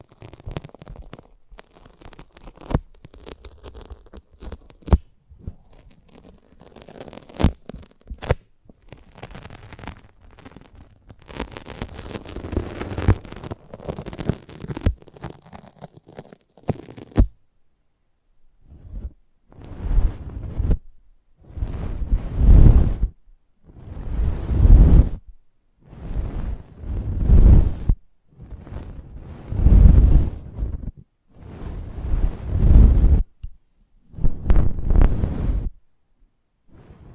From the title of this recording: ASMR Close Up Mic Treatment